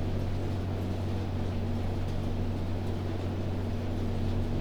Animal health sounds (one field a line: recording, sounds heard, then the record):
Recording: poultry house recording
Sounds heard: no chicken sound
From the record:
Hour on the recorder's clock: 23